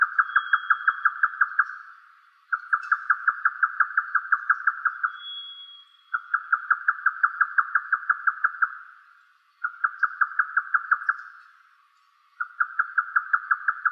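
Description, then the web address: Grey nightjar repeating fast chopping notes in five runs separated by brief pauses, with a faint thin whistle heard twice in the background. "yotaka"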